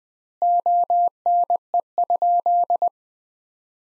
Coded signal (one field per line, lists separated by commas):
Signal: Morse code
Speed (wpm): 20 wpm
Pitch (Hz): 700 Hz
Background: none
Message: ONE?